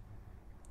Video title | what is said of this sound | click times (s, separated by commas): QFM Temp Probe Video | you'll want to be certain that you hear the plug click into place | 0.7 s